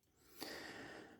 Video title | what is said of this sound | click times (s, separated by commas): Reactivate Bumblebee and Starscream (#30) #transformers #transformerscollection #bumblebee | Peg that in then collapse this and it will snap into | 0.4 s